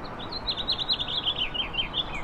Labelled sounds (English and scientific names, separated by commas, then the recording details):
House Finch (Haemorhous mexicanus) song
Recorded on Long Island, New York, on 15 April 2011
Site HE
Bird A